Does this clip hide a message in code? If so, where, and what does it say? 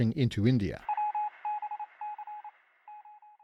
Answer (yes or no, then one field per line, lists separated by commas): no